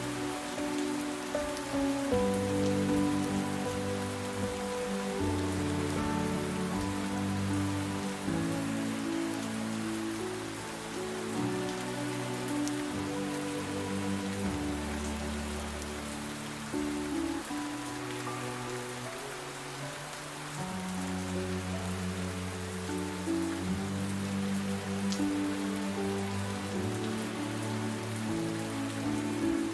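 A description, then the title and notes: Heavy rain hisses steadily across the whole clip, a dense even wash of drops on a surface. Beneath it, slow calm music plays sustained low notes and soft chords that shift every few seconds, with no sharp events breaking the flow. RAINFALL and Relaxing TUNES. Heavy rain accompanied by calming music.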